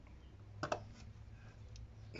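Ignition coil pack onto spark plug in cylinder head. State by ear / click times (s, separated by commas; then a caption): seated / 0.6 s. An ignition coil pack on a VW Polo is pressed down onto its spark plug in the cylinder head and clicks home at 0.6 s, followed by a second sharp tick at about 0.7 s. A low steady hum runs underneath throughout. The coil pack is seated.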